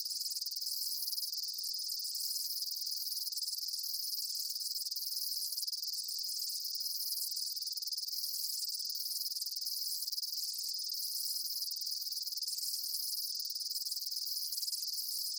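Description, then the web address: Chirping insects form an unbroken high buzzing drone, rapid pulses throughout, with faint lower flickers recurring every second or two. Daytime insect ambience, chirping bugs. "Blast Wave Amb Day Insects. animal ambience insects chirps day bugs"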